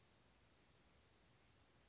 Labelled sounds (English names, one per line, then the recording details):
Western Flycatcher
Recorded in Sonoma County, California